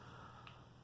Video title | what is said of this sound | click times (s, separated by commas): Skullcandy Sesh Wireless Headphones Product Impressions and Review | I can also uh drop these in and you see they just snap right into place | 0.5 s